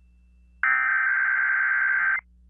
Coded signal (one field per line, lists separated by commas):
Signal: Emergency Alert System (SAME) tones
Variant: header bursts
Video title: Required Weekly Test On KDKA 1020-AM 1/2/22 (EAS #1011)